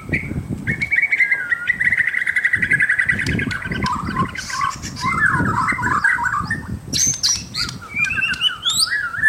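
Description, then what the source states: White-rumped shama song: a fast run of varied whistles, trills and harsh chattering notes, with low thumping noise underneath throughout. Indonesian name murai batu, labelled mahkota.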